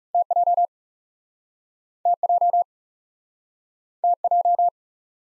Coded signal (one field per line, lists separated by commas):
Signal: Morse code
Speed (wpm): 42 wpm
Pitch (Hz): 700 Hz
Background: none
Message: T J T J T J